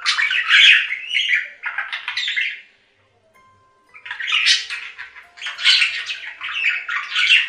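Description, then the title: Budgerigar chatter: rough squawky warbles, a second of near silence, then more scratchy chirping phrases. "Budgie Sounds"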